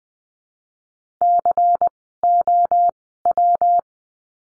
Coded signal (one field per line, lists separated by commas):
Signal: Morse code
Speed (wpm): 20 wpm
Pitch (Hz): 700 Hz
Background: none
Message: COW